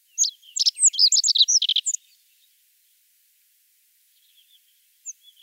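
Rock bunting delivering a single quick, high tinkling phrase of about two seconds, followed by silence and a few faint thin notes.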